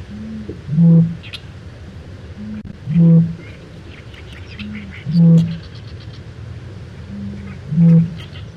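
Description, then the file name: Eurasian bittern booming: four deep, hollow low booms about every two seconds, each preceded by a brief softer intake note, with faint small-bird chirps in the background. "sankanogoi"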